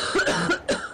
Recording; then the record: coughing mixed with background sound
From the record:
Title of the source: female coughing - coughing sound effects girl